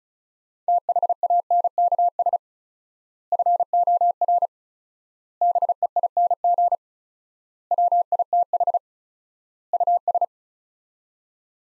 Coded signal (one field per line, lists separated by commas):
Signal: Morse code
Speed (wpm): 36 wpm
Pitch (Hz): 700 Hz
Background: none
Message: THANKS FOR BEING WITH US